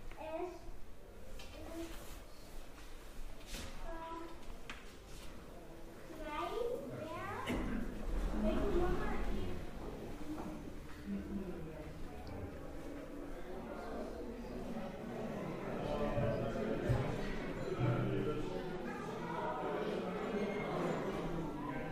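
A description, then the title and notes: Ambient sound at a photo exposition, filled with the overlapping chatter of many voices, including some children's. Murmuring stays dense and steady throughout, rising somewhat louder around eight to ten seconds, with occasional clicks and footsteps cutting through. 3D audio ambient soundscape of a photo exposition.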